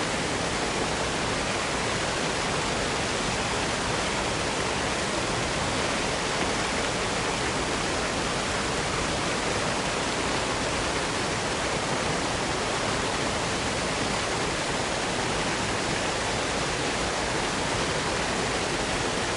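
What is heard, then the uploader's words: A mountain waterfall pours down rocky terrain in a dense, unbroken rush that stays perfectly steady from start to finish. The roar is full, spreading from a low rumble up to a bright hiss, with no other sounds rising above it. Majestic Mountain Waterfall Sounds In A Heavenly Forest.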